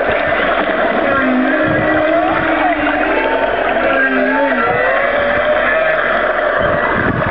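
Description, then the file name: Humpback whale song: wavering, moaning tones that slide up and down, heard through dense, loud underwater noise. "humpback whale song banks"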